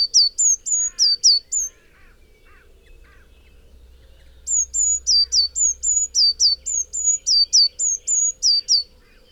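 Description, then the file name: Eurasian Blue Tit giving a short run of thin, high notes, then faint lower chirps, then a long rapid series of alternating slurred and steady whistles. "Cyanistes caeruleus"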